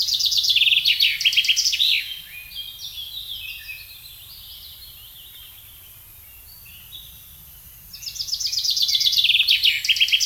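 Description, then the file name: Common chaffinch sings two descending trilled songs separated by a pause; faint other bird calls fill the gap over a low rumble. "Fringilla coelebs"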